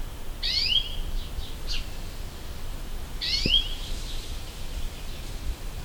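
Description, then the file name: European greenfinch giving two bright falling call notes a few seconds apart, against a steady low rumbling background noise. "Chloris chloris"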